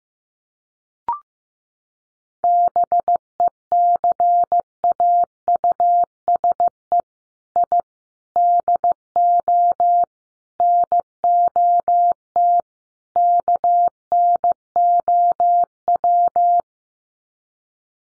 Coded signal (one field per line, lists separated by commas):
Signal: Morse code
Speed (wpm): 15 wpm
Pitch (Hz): 700 Hz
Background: none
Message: BECAUSE I DO NOT KNOW